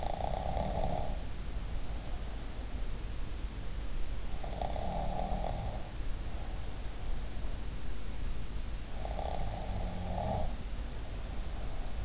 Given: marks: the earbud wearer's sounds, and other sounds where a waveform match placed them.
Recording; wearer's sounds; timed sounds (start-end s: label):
sounds in sleep by an in-ear microphone; snoring breath
0.00-2.87 s: snoring breath
4.46-6.67 s: snoring breath
9.09-12.05 s: snoring breath